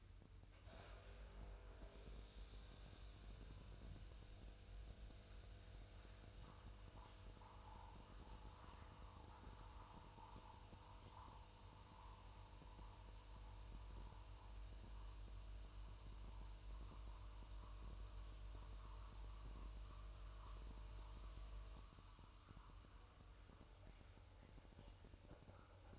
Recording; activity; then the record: daily activity, microphone in the room; make coffee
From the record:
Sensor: 2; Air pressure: 988.3 hPa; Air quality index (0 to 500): 189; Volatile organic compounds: 171 ppm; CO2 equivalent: 4110 ppm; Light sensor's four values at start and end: 20/69/27/26 and 20/69/27/26